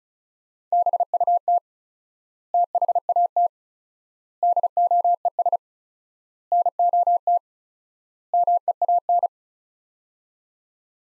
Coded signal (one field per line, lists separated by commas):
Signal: Morse code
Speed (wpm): 34 wpm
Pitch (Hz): 700 Hz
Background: none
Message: BUT THAT DOES NOT MEAN